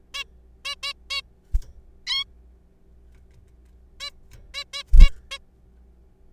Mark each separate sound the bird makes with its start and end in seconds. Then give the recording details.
0.14-0.24, 0.65-0.75, 0.83-0.93, 1.10-1.21, 2.07-2.24, 4.00-4.10, 4.54-4.64, 4.73-4.83, 5.00-5.09, 5.31-5.39. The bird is a juvenile. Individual R3428